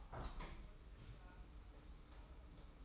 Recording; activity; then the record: daily activity, microphone in the room; open window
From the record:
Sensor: 1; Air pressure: 991.3 hPa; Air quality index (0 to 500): 104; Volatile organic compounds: 74 ppm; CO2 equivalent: 3552 ppm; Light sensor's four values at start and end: 37/116/46/47 and 37/115/45/47